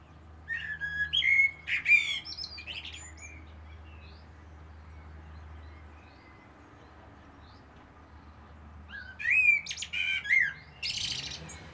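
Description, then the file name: Common blackbird gives two song phrases several seconds apart, each a rich fluty warble trailing into high squeaky chatter, separated by quiet with a low background hum. "Turdus merula"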